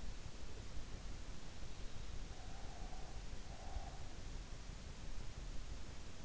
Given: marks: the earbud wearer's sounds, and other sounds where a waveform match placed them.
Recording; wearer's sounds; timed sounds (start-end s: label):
sounds in sleep by an in-ear microphone; breath
2.18-4.20 s: breath